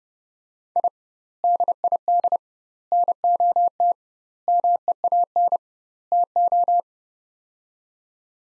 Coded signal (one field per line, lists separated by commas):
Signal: Morse code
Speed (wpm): 29 wpm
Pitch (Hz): 700 Hz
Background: none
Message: I DID NOT MEAN TO